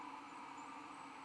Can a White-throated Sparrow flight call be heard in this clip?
no